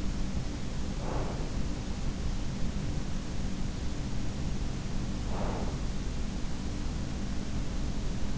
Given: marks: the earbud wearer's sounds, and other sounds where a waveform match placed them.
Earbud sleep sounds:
sounds in sleep by an in-ear microphone; breath
0.00-2.09 s: breath
0.91-1.46 s: sound from someone else or the room
3.26-6.00 s: breath
5.30-5.78 s: sound from someone else or the room

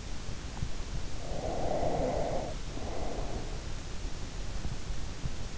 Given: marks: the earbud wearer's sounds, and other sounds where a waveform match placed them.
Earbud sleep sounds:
sounds in sleep by an in-ear microphone; breath
1.20-3.73 s: breath

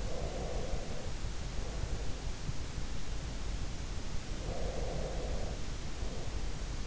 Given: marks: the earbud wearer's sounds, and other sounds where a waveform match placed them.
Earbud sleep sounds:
sounds in sleep by an in-ear microphone; breath
0.00-2.34 s: breath
4.35-6.62 s: breath

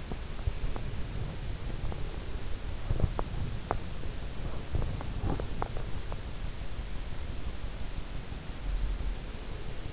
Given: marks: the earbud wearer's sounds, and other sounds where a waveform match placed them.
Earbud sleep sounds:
sounds in sleep by an in-ear microphone; teeth grinding
0.00-5.98 s: teeth grinding

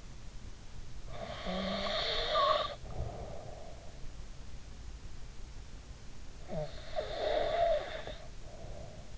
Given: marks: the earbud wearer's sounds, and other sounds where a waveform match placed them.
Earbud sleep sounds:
sounds in sleep by an in-ear microphone; snoring breath
1.10-3.95 s: snoring breath
6.37-9.18 s: snoring breath

